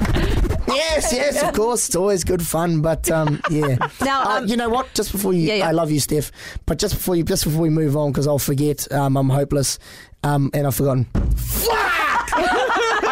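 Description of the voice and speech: An adult man living with Tourette's talks fluently, restarts a phrase, then abruptly blurts an expletive, fitting a Tourette vocal tic; his Tourette's makes him swear a lot.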